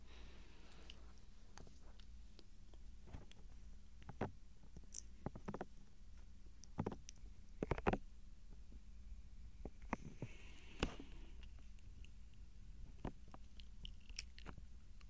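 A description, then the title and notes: Soft mouth sounds and light touching make scattered clicks and moist taps, irregular but frequent, with a sharper cluster near the eighth and eleventh seconds. A low, steady hum sits underneath. ASMR Tingles Overload SOFT Ear Touching & GENTLE Mouth Sounds For Sleep.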